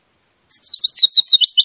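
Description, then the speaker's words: Willow Warbler song: a short, sweet phrase of slurred high notes that steps gently downward in pitch, with a clean quiet background. Male song. "Mosquitero musical. Canto del macho."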